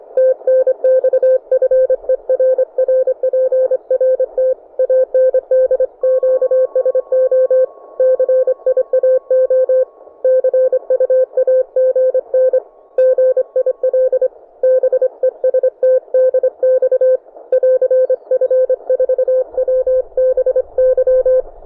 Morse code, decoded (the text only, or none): TNX FER RPRT AND QSO CIAO CU AGN GIL BEST DX <AR> F4WBY